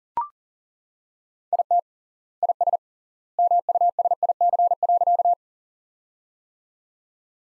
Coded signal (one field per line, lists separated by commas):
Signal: Morse code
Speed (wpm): 40 wpm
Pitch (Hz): 700 Hz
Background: none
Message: IT IS MUSIC.